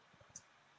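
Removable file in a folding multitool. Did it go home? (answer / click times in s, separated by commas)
yes / 0.4 s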